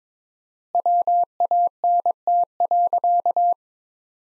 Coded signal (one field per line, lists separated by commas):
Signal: Morse code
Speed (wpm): 22 wpm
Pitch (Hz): 700 Hz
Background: none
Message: WANT.